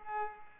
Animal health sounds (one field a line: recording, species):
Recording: mosquito wingbeat signal from an infrared sensor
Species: Culex pipiens